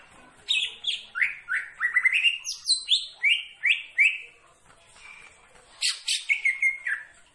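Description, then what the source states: Greater green leafbird singing a quick series of upslurred whistles, a short pause, then a brighter run of high, rapid notes. Described as gacor, singing actively.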